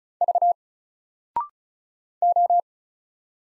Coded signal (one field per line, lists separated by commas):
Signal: Morse code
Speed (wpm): 36 wpm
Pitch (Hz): 700 Hz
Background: none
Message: V O